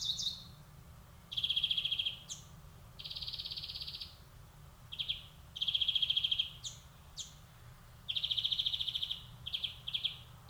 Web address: SETE data Chloris chloris